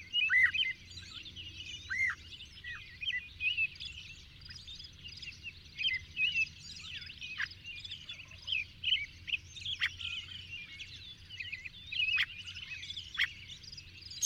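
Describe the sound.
Bird calls, many short chirps and downslurred whistles throughout, over a faint low rumble.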